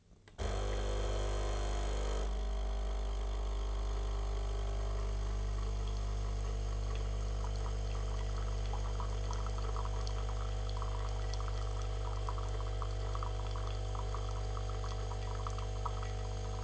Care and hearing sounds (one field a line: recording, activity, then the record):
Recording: daily activity, microphone in the room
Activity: make coffee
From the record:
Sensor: 4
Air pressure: 1010.2 hPa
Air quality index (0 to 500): 178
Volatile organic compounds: 5 ppm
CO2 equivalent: 1802 ppm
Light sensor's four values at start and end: 24/73/29/28 and 28/82/32/32